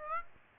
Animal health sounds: mosquito wingbeat signal from an infrared sensor; Aedes aegypti

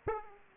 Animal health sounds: mosquito wingbeat signal from an infrared sensor; Aedes aegypti

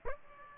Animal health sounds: mosquito wingbeat signal from an infrared sensor; Aedes aegypti

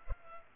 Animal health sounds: mosquito wingbeat signal from an infrared sensor; Culex pipiens

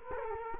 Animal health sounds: mosquito wingbeat signal from an infrared sensor; Culex quinquefasciatus

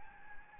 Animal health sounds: mosquito wingbeat signal from an infrared sensor; Anopheles gambiae

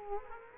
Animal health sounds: mosquito wingbeat signal from an infrared sensor; Culex quinquefasciatus

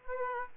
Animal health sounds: mosquito wingbeat signal from an infrared sensor; Aedes aegypti

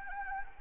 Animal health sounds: mosquito wingbeat signal from an infrared sensor; Anopheles arabiensis

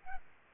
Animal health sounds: mosquito wingbeat signal from an infrared sensor; Aedes albopictus

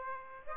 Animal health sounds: mosquito wingbeat signal from an infrared sensor; Aedes aegypti

